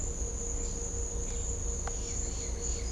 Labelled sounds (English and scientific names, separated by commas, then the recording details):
none
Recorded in secondary vegetation near Puerto Asís, Putumayo, Colombia, on 18 December 2024 at 12:30
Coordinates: 0.500, -76.326
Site G065